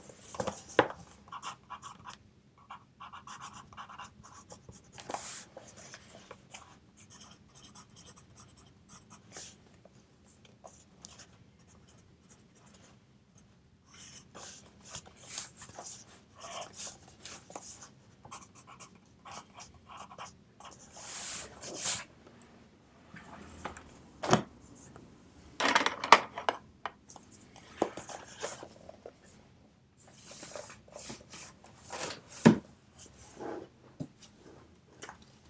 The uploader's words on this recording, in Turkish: Sessiz odada 25 dakika boyunca kurşun kalem ile ders çalışma; ortam sesleri, beyaz gürültü alt yapısı, kurşun kalem.